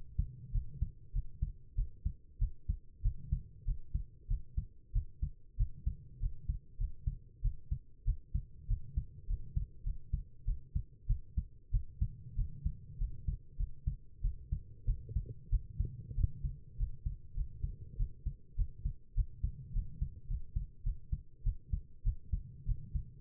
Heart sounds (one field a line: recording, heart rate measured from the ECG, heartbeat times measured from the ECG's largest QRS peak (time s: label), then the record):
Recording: heart sounds by stethoscope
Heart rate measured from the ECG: 98 bpm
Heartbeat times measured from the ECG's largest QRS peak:
0.51 s: heartbeat
1.12 s: heartbeat
1.75 s: heartbeat
2.38 s: heartbeat
3.02 s: heartbeat
3.65 s: heartbeat
4.27 s: heartbeat
4.92 s: heartbeat
5.56 s: heartbeat
6.19 s: heartbeat
6.77 s: heartbeat
7.41 s: heartbeat
8.04 s: heartbeat
8.67 s: heartbeat
9.27 s: heartbeat
9.83 s: heartbeat
10.45 s: heartbeat
11.06 s: heartbeat
11.71 s: heartbeat
12.35 s: heartbeat
12.98 s: heartbeat
13.57 s: heartbeat
14.21 s: heartbeat
14.85 s: heartbeat
15.49 s: heartbeat
16.14 s: heartbeat
16.77 s: heartbeat
17.34 s: heartbeat
17.96 s: heartbeat
18.55 s: heartbeat
19.14 s: heartbeat
19.73 s: heartbeat
20.27 s: heartbeat
20.83 s: heartbeat
21.43 s: heartbeat
22.03 s: heartbeat
22.65 s: heartbeat
From the record:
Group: healthy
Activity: rest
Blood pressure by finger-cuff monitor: 125/76 mmHg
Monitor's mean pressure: 91 mmHg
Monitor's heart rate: 97 bpm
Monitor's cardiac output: 8.1 L/min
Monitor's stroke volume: 82 mL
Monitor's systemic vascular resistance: 820 dyn s/cm5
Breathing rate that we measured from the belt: 18 breaths a minute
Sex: female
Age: 19 years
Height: 163 cm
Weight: 51 kg